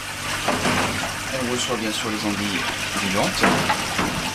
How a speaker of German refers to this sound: Hinter ihm strömt Wasser durch schwarze Plastikkörbe. Darin tummeln sich fast 300 Aale